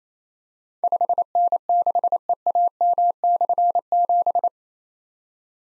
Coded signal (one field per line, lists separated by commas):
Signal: Morse code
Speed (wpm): 28 wpm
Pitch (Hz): 700 Hz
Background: none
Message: 5N6EAM/7